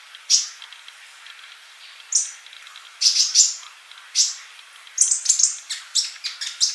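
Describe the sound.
Bird song, isolated high sharp chirps at first, then a quicker run of bright notes toward the end.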